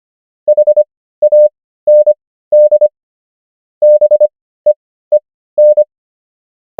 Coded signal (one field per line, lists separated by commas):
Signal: Morse code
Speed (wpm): 25 wpm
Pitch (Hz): 600 Hz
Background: none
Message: HAND BEEN